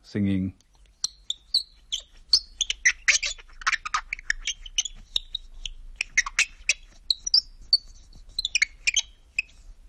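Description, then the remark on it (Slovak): A simple instrument made of wood and a metal screw, its parts rubbed together to make rapid, high-pitched squeaky chirps like birdsong, in irregular bursts for several seconds after a short low voiced sound at the start. “Keď časti tohto nástroja šúchate o seba, vydáva zvuky podobné spevu vtákov.”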